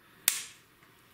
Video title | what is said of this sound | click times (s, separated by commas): Charge C/D Cells on AAA/AA Charger (Quick Easy Mod/Hack) NiMH, NiCad & Lithuim Batteries | But these are magnetic, so hear that nice snap there? | 0.3 s